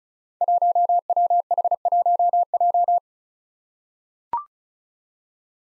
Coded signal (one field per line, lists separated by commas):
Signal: Morse code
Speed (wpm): 36 wpm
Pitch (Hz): 700 Hz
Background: none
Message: 1WH1J